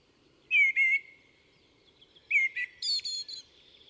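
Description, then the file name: Common blackbird giving two short phrases: a pair of clear whistled notes, then after a pause another whistle followed by high, thin squeaky twitters. "Turdus merula"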